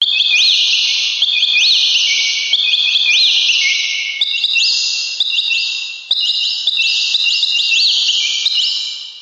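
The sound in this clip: Birds calling in a dense, continuous chorus of high whistled notes that sweep upward, overlapping and repeating rapidly throughout.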